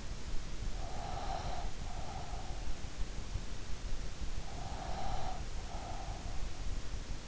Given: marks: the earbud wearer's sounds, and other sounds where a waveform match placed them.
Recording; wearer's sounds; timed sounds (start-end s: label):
sounds in sleep by an in-ear microphone; breath
0.74-2.61 s: breath
4.43-6.63 s: breath